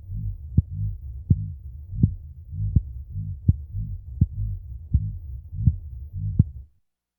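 Steady low thumps repeat about 82 times a minute, ten beats in under seven seconds, each sharp click set against a soft rhythmic low hum. It is an adult heartbeat heard through a stethoscope, at an ordinary resting rate.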